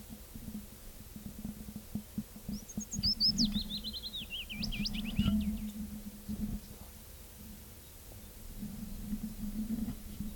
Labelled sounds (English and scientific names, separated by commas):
Willow Warbler (Phylloscopus trochilus) song